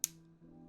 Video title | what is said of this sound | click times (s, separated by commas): Twitch VOD / LEGO Building Anakin's Jedi Interceptor 75281 | Oh, satisfying click, love to hear it. | 0.0 s